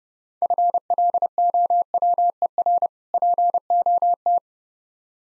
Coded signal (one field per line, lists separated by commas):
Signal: Morse code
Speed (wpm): 30 wpm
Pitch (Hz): 700 Hz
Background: none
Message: FLOWER POT